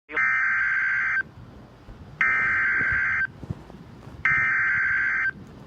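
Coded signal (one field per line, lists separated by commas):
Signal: Emergency Alert System (SAME) tones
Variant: header bursts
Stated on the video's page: Real Severe Thunderstorm Warning SAME alert from NOAA weather radio station out of Greenville, South Carolina.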